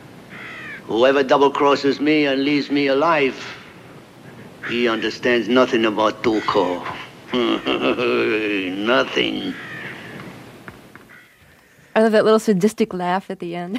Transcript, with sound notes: Whoever double-crosses me and leaves me alive, he understands nothing about Tuco (laughter). Nothing.
Oh, that little sadistic laugh at the end